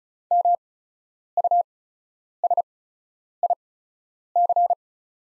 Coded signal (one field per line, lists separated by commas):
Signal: Morse code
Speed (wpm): 36 wpm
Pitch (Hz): 700 Hz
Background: none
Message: MUSIC